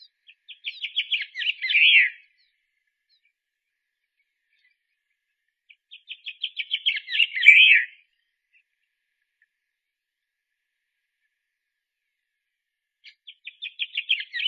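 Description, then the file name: Gran Canaria blue chaffinch song, three phrases of quick repeated notes, the first two building to a buzzy terminal flourish, separated by pauses of several seconds. "Canto do tentilhao azul da gran canaria"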